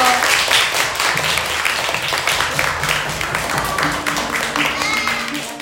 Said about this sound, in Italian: Fatevi un applauso!